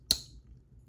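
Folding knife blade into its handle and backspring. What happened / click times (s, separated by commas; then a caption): The folding knife blade snapped into place / 0.1 s. A slip-joint pocket knife blade is worked into its handle and snaps into position under the backspring. A single sharp, bright metallic snap is heard at 0.1 s, ringing briefly around 4 kHz before fading. The blade seats with a crisp, snappy action.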